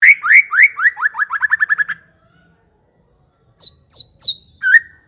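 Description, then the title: White-rumped shama song: a quickening series of loud downslurred whistles running into a fast trill, a pause, then a few high thin sweeping notes and sharp whistles. Song used as a lure to provoke a fighting, aggressive bird. "Pancingan Murai Batu Galak"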